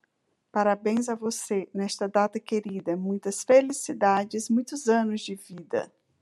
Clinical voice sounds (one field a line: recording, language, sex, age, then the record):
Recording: short text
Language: Brazilian Portuguese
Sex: female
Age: 40 to 49 years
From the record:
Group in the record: control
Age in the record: 47 years